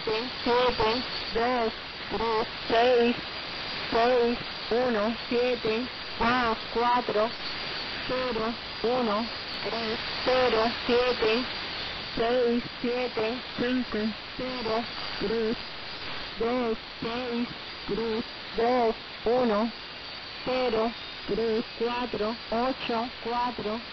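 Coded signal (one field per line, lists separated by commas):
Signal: numbers station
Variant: HM01, Spanish female voice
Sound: a voice reading single digits at an even pace, about one per second, through hiss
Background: radio static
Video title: Number Station HM01 (11635 kHz) on 18th December, 2019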